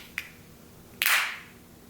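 A new replacement lens is lined up in the grooves of an Oakley Breadbox sunglass frame and pushed forward. A faint click comes at 0.2 s, then a sharp, bright pop at 1.0 s with a short ringing tail as the lens seats in the frame. There is no talk.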